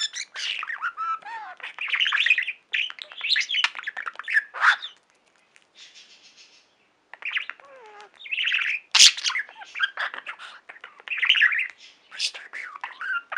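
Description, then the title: Budgerigar warbling chatter: long runs of squeaky, buzzy notes and clicks, a brief lull with a falling whistle, then a loud snap and more chatter. "Budgie Sounds"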